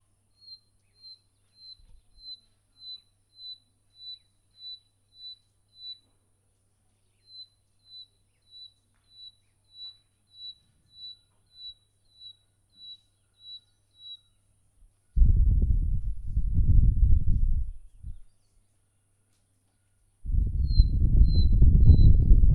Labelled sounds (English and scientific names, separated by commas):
Western Black-headed Batis (Batis erlangeri)